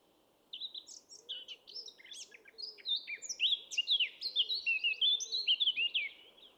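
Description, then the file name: Eurasian blackcap song starting after a brief pause: a soft chatter swelling into loud, rapid mellow whistles and twittering notes. "Sylvia atricapilla"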